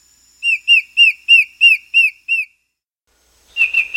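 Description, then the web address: Black-headed antbird song: a steady run of seven high, downslurred whistles, then a pause before a fresh burst of similar notes begins. South America. "Natures Songs S America Black-Headed Antbird"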